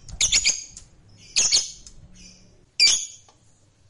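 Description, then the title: Lovebird squawks, three harsh high bursts with quiet gaps between them. Fighter lovebird. "Begitu Dengar Suara Lovebird FIGHTER NGEKEK PANJANG"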